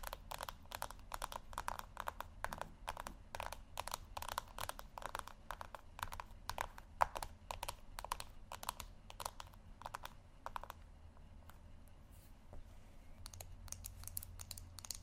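Quick tapping, the taps coming in rapid, fairly even bursts of crisp clicks for the first ten seconds. After that the tapping thins out into scattered single taps, picking up again near the end over a low steady hum.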